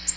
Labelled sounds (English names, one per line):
Nashville Warbler flight call